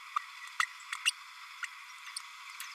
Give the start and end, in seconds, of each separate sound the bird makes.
0.63-0.65, 1.05-1.10, 2.16-2.19